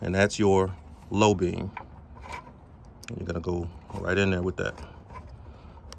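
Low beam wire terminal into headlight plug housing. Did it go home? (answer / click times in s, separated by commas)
yes / 5.9 s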